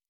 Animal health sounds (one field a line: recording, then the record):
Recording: hydrophone in a shrimp aquaculture tank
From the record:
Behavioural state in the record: normal